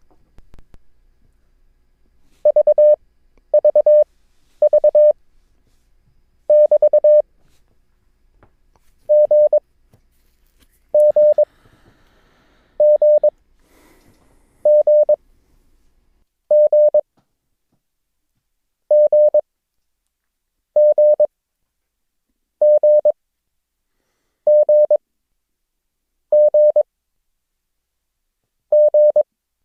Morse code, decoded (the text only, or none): VVV <BT> G G G G G G G G G G G